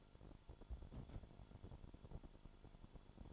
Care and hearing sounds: daily activity, microphone in the room; place on stove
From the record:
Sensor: 5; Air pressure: 1008.1 hPa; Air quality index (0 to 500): 113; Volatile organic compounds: 1 ppm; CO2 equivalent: 870 ppm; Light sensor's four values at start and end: 27/59/25/25 and 28/61/26/26

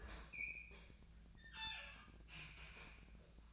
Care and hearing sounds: daily activity, microphone in the room; open fridge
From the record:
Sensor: 2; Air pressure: 1009.5 hPa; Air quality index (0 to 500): 186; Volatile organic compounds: 11 ppm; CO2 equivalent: 2314 ppm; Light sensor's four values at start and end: 25/61/26/29 and 25/61/26/29

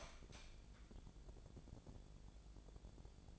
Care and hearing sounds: daily activity, microphone in the room; light on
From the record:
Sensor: 5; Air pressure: 1000.2 hPa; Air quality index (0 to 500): 103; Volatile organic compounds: 1 ppm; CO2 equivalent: 831 ppm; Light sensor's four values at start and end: 204/484/207/229 and 204/485/207/229

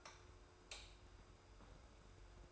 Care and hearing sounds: daily activity, microphone in the room; light off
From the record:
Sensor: 2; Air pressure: 990.9 hPa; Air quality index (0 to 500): 121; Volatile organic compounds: 85 ppm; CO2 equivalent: 3650 ppm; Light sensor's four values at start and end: 30/77/31/31 and 25/60/24/24

